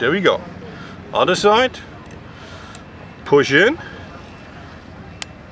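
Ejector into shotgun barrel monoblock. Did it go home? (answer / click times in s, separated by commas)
yes / 5.2 s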